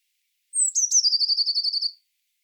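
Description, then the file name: Eurasian blue tit call, a high thin downslurred note leading into a quick, buzzy, evenly pulsed trill lasting about a second. "Cyanistes caeruleus"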